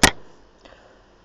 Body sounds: background sound without coughing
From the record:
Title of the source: wind

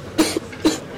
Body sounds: coughing mixed with background sound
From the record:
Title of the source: 55 gaggy wet cough

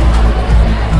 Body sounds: background sound without coughing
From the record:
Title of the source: Party Noise 1 Hour Party Ambience

